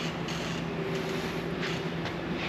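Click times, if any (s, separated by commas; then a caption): none. The upholstered seat cover of a front seat from a 1967 Volkswagen Beetle Convertible is being stretched over the front of the seat frame and hooked on so its front edge won't spring back out. Steady broadband rustling plays over a low, constant hum, with no sharp hits. Nothing has seated or clicked yet.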